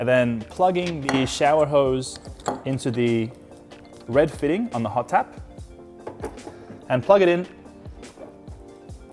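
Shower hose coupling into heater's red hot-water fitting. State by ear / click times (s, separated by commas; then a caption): not seated / none. A shower hose is being handled at the red quick-connect hot-water fitting on a HOTTAP portable water heater while someone talks, with a few faint knocks near 6.1 and 7.9 seconds. The clip ends before the hose goes home, so nothing has seated or clicked yet.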